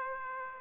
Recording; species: mosquito wingbeat signal from an infrared sensor; Aedes aegypti